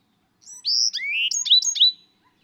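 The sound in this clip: Bewick's wren song, one quick phrase of varied high whistled and slurred notes, lasting about a second and a half.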